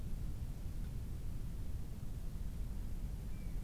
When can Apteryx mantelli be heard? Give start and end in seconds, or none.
none